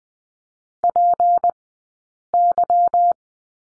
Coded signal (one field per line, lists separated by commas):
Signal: Morse code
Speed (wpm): 20 wpm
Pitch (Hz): 700 Hz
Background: none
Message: PY